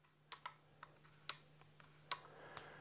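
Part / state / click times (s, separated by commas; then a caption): cheek riser adjuster detent on a rifle chassis / seated / 0.3 s, 1.3 s, 2.1 s. The adjustment knob of the cheek riser on an MPA Matrix Pro rifle chassis is rotated by hand, and it clicks into each detent position so the riser holds its height. Three sharp clicks sound at 0.3, 1.3 and 2.1 seconds, with softer ticks between them. The riser is seated in its detent.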